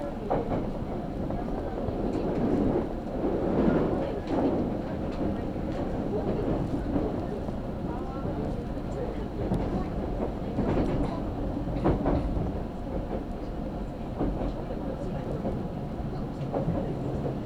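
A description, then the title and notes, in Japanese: A train runs along the Karatsu and Nagasaki main lines, its steady low rumble filling the whole stretch with little change in level. Faint voices murmur underneath, and brief clicks and rattles from the wheels and carriage break through every few seconds. 唐津線・長崎本線 佐賀→久保田→肥前山口。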